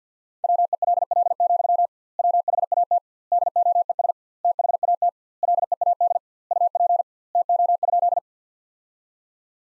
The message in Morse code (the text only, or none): WELL, WHAT DOES THAT LEAD UP TO?